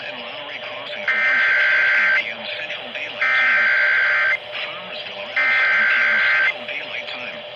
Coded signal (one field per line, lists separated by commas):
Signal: Emergency Alert System (SAME) tones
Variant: header bursts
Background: speech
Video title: LOOK AT IT ALL MESSAGE TO NOTIFICATIONS... EAS Alerts from 9/21/25 (EAS#4,669 - 4,687)